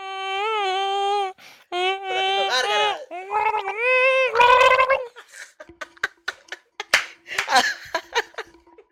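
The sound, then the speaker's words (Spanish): Someone gargles Coca-Cola, a wavering, bubbly voiced tone lasting several seconds, followed by a run of wet gulps, clicks and mouth smacks as the liquid is swallowed. “Venga, Coca-Cola y calla. Traga y calla. ¿Y escupí?”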